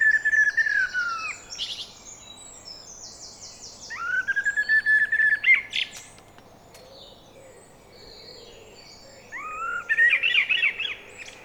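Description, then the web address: Eurasian blackbird singing three phrases, each a low mellow warble with thin, high, scratchy twittering. "SETE data Turdus merula"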